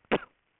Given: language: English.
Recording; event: throat vibration sensor signal played as sound; cough